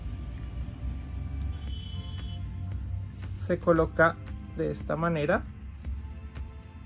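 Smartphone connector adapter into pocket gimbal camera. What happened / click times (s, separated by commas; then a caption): Handled, not yet home: a small connector is being fitted but has not clicked in / none. A small iPhone-version smartphone connector adapter is handled at the slot of a DJI Osmo Pocket handheld gimbal camera while someone talks over background music. A few brief handling taps are heard, but nothing has seated or clicked into place yet.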